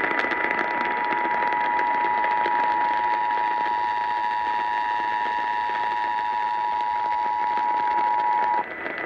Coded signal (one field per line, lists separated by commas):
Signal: Emergency Alert System (SAME) tones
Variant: 853 and 960 Hz attention tone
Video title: New York City June 2021 RMT(EAS 995-999)